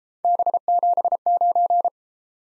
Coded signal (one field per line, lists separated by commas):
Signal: Morse code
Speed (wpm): 32 wpm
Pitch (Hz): 700 Hz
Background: none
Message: B79